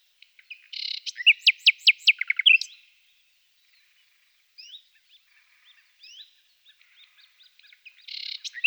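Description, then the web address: Common nightingale song: a buzzy burst, then a rapid run of loud, sharp repeated notes, soft scattered chirps, and a rasping phrase at the end. Several nightingales. "A természet hangjai - Fülemülék"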